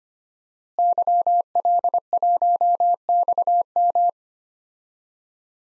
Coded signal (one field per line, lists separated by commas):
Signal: Morse code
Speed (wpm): 25 wpm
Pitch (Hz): 700 Hz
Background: none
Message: YL1XM